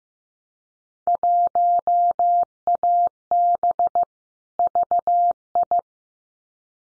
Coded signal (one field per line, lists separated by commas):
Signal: Morse code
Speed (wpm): 15 wpm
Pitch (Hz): 700 Hz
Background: none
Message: 1AB VI